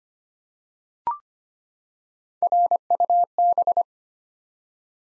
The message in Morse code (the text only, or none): RUB